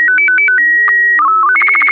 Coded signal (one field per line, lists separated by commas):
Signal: SSTV (slow-scan television)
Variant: Robot BW 8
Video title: Daily Minutes, January 5, 2016, with contestia